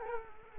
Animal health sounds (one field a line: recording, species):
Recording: mosquito wingbeat signal from an infrared sensor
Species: Culex quinquefasciatus